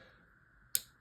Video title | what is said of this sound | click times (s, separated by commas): Beyblade Metal Fight Pre-hybrid L-Drago 105F Unboxing Video | Boom, we got the spin track in. It's got that nice satisfying click. | 0.8 s